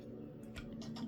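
A stiff plastic limb of an Amazon-exclusive War for Cybertron Siege Phantom Strike Squadron transforming robot figure is folded into its slot in the body. Two small plastic ticks are heard at 0.6 s and 1.0 s as the part snaps into place. The part seats, but it is really stiff.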